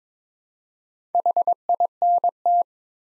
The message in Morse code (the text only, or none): HINT